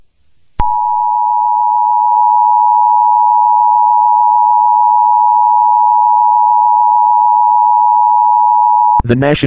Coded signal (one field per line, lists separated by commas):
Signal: Emergency Alert System (SAME) tones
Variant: 853 and 960 Hz attention tone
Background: speech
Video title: Digital TV Archives #5 - EAS Test